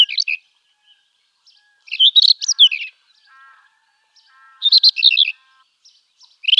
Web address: Schulze Peter Rufous-tailed Scrub-Robin song